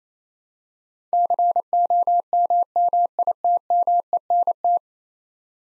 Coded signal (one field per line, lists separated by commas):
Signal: Morse code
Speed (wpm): 28 wpm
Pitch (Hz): 700 Hz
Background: none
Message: COMMITMENT